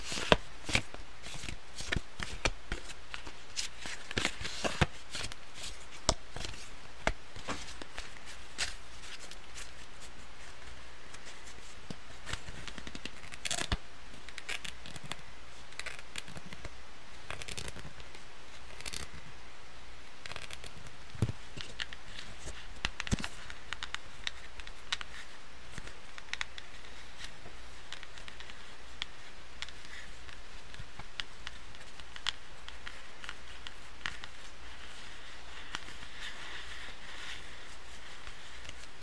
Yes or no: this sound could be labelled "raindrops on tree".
no